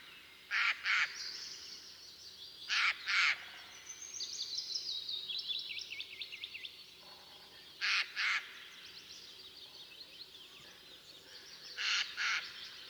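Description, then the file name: Eurasian jay screeching in harsh, rasping pairs, the doubled calls returning every few seconds, while other songbirds whistle and trill between them. "Garrulus glandarius"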